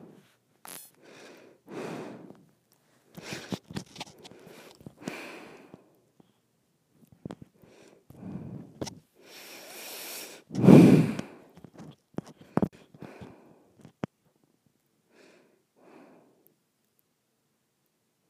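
Breathing through the nose in a series of separate puffs and sniffs, each lasting about half a second to a second, with short silences between. The loudest, fullest breath comes near the eleven-second mark, and a few sharp clicks interrupt the stretch between twelve and fourteen seconds.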